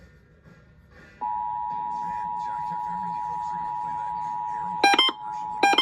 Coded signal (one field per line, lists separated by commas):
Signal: Emergency Alert System (SAME) tones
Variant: 853 and 960 Hz attention tone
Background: speech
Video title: February 2024 Texas Required Monthly Test (EAS #552-560)